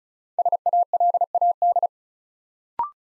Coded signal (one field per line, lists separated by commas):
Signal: Morse code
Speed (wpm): 36 wpm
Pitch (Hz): 700 Hz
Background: none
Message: SALAD